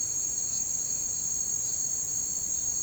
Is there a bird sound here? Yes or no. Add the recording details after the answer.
no. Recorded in pastures near Puerto Asís, Putumayo, Colombia, on 25 June 2025 at 17:30. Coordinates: 0.472, -76.331. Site G095